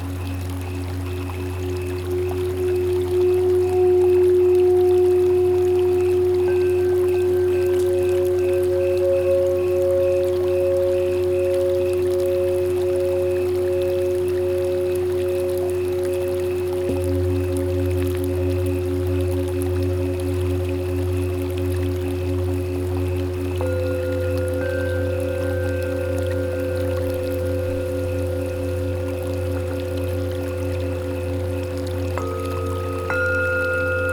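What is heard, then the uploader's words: A set of singing bowls rings in long, overlapping tones, with a deep steady hum underneath and several clear, sustained pitches layered above. New bowls sound at intervals, notably near 17 and 24 seconds, each swelling in and ringing on. The sound stays continuous throughout. This is a recording of a set of singing bowls. The root bowl is C#, the Aum tone or Earth tone. The other bowls are harmonized with the Chakras in this scale.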